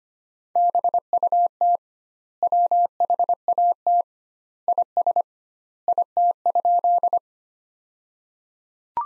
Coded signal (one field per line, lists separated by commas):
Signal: Morse code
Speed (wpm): 25 wpm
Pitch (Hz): 700 Hz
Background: none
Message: BUT WHAT IS IT?